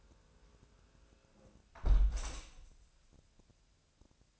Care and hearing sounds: daily activity, microphone in the room; close window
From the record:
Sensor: 2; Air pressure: 1000.3 hPa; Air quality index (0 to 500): 159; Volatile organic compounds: 3 ppm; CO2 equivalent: 1321 ppm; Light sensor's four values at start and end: 11/31/12/14 and 11/30/11/13

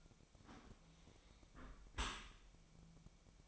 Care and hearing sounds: daily activity, microphone in the room; close dishwasher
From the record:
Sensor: 1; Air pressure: 1003.1 hPa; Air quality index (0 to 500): 196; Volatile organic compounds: 6 ppm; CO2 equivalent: 1871 ppm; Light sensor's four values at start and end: 16/40/17/20 and 17/41/17/20

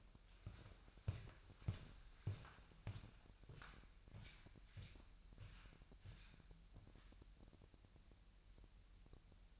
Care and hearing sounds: daily activity, microphone in the room; walk to room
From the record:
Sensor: 2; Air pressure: 1001.8 hPa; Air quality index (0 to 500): 246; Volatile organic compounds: 34 ppm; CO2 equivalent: 3034 ppm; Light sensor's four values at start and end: 7/17/7/7 and 7/17/7/7

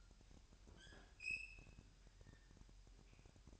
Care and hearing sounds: daily activity, microphone in the room; open fridge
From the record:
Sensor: 2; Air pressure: 1001.8 hPa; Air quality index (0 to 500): 249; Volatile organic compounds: 39 ppm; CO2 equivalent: 3131 ppm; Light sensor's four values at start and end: 8/28/11/10 and 8/28/11/10

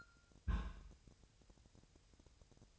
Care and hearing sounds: daily activity, microphone in the room; place on stove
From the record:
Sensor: 2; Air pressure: 999.1 hPa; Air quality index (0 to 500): 196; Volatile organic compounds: 27 ppm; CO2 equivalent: 2891 ppm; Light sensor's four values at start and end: 6/15/6/6 and 6/15/6/6

